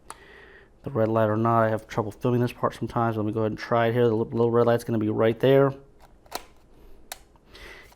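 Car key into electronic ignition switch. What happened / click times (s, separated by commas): Key clicks into ignition switch / 7.1 s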